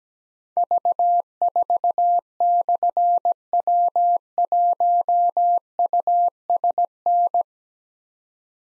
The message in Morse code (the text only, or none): V4/W1USN